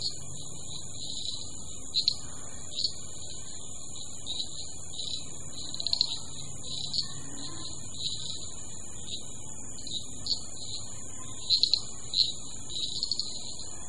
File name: Common Shrub Frogs